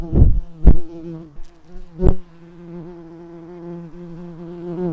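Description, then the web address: Red-tailed bumblebee buzzing: a steady low droning hum that wavers slightly in pitch, opened by a few sharp knocks or thumps in the first two and a half seconds. Workers. "Lapidarius workers"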